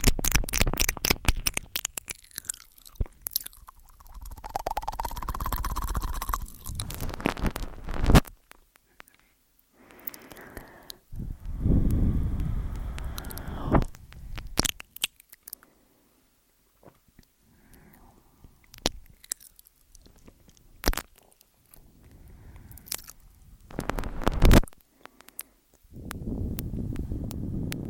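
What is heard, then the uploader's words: Ear eating sounds with layered, tingly clicks and wet mouth noises. A burst of fast crackling taps opens the clip, then come smooth swishing sweeps, muffled low rumbles and scattered sharp clicks, with brief quiet gaps between them and louder spikes around 21 and 25 seconds. Simple Ear Eating, Complex Tingels ~ ASMR TASCAM.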